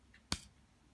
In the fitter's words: you hear that clicks in very well which is nice